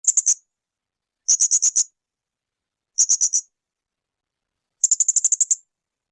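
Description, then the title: Streaked spiderhunter song: four short clusters of rapid, sharp, very high chips separated by pauses, the last cluster longest. Tutoring audio for training cage birds; described as singing constantly, clear and long. "Pijantung Gunung Gacor Jernih Panjang"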